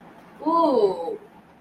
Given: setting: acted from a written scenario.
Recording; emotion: vocal sound without words; embarrassment